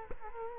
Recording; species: mosquito wingbeat signal from an infrared sensor; Culex quinquefasciatus